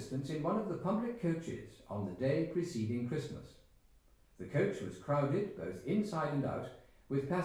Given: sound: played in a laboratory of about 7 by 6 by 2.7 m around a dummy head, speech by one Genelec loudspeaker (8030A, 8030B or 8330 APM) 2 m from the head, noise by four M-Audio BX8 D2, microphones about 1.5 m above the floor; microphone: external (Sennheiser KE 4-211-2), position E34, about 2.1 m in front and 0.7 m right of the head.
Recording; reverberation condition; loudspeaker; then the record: male speech in English; medium; 30 degrees to the left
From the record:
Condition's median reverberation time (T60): about 510 ms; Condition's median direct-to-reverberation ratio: about -0.5 dB